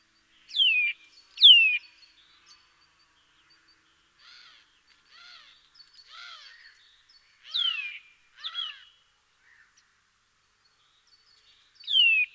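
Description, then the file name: Eurasian nuthatch giving piping, downward-sweeping whistles, mostly in pairs, with a few softer, rougher notes between them and a final whistle at the end. "Sitta europaea"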